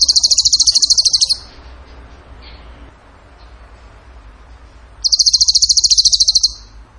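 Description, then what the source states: Bird song in two loud, rapid buzzy trills, each lasting over a second and separated by a few seconds of quiet low hum. Masteran (training recording) of a bird singing in the tembakan gacor style.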